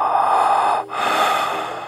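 Loud breath sounds from a child's chest, enhanced 40 times through a 3M Littmann Core digital stethoscope: a breath in, a brief pause, then a breath out.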